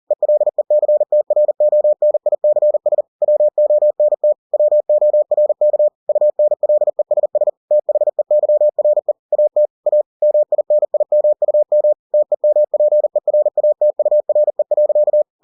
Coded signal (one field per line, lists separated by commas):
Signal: Morse code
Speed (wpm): 40 wpm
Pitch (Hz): 600 Hz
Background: none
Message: ELECTRONICS WONT WORK UNLESS THEYRE AT A MINIMUM TEMPERATURE.